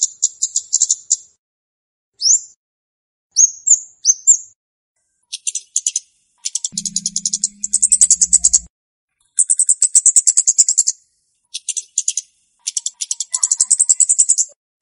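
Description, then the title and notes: Flowerpecker song: repeated bursts of thin, high-pitched rapid ticks and a few short slurred chips, with a low hum briefly underneath midway. Chirping sounds used as a lure to trap the birds. "Kicau Untuk Pancing Burung Kemade ( Cabe Cabean). Suara Burung Cabe Cabean Pikat"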